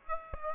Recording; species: mosquito wingbeat signal from an infrared sensor; Aedes aegypti